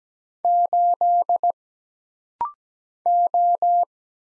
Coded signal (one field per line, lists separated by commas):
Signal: Morse code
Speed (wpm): 17 wpm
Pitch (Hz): 700 Hz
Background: none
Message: 8 O